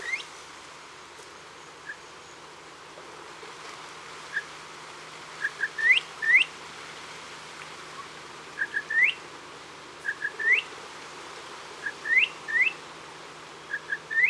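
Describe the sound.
Bird utters paired short pips followed by rising whistled upslurs, repeated in loose groups every couple of seconds against a soft hiss.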